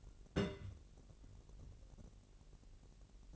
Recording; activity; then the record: daily activity, microphone in the room; place on stove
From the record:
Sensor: 4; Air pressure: 1002.8 hPa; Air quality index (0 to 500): 235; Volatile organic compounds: 10 ppm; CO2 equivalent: 2205 ppm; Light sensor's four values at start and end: 7/15/6/6 and 7/15/6/6